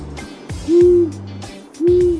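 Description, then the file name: Long-eared owl giving two low, steady hoots about a second apart, with clicks and faint background noise between them. Recorded behind a house on 15 July 2017. "derriere chez vous 15-07-2017 le hibou moyen-duc"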